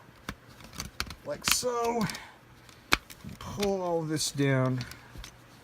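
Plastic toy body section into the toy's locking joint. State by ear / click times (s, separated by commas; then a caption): not seated / none. A plastic robot toy is being transformed one-handed: its arms are folded up and a body section is pulled down toward its locking joint. Someone talks over short plastic clicks and handling taps. Nothing has seated or clicked into place yet.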